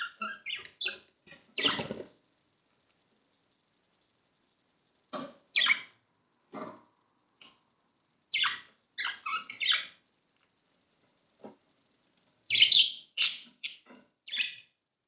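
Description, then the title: Budgerigar chirps and short scratchy squawks in scattered bursts, with long silent gaps between them. "Budgie Sounds"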